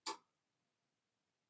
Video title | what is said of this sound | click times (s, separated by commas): Basics 5-Shelf Adjustable | So I'll put one on, and you're going to hear a click | 0.1 s